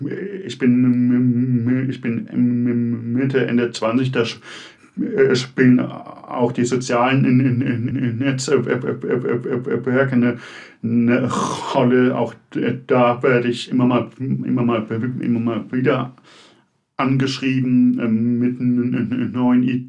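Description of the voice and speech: A man in his mid to late twenties speaks German with clear stuttering: whole-phrase repetitions ("ich bin, ich bin"; "immer mal" said three times), drawn-out sounds and silent blocks breaking up words such as "Netz…werke". Between the disfluencies his voice is steady and of ordinary pitch.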